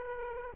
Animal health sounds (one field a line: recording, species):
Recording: mosquito wingbeat signal from an infrared sensor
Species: Aedes aegypti